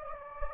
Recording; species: mosquito wingbeat signal from an infrared sensor; Anopheles gambiae